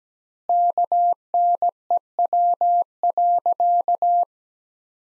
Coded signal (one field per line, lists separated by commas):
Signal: Morse code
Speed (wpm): 17 wpm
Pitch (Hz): 700 Hz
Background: none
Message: KNEW.